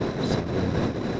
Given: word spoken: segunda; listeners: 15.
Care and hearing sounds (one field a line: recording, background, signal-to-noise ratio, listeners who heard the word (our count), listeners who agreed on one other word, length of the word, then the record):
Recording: one Spanish word in noise, from a listening test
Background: noise modulated by three-talker babble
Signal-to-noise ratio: -7.2 dB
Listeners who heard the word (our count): 0 of 15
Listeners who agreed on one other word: 8 of 15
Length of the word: 0.80 s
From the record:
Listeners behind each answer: 8, 2, 1, 1, 1, 1, 1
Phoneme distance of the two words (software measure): 10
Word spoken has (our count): 3 syllables, 7 phonemes, stress on syllable 2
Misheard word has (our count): 3 syllables, 7 phonemes, stress on syllable 2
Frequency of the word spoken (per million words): 218.69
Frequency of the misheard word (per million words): 250.13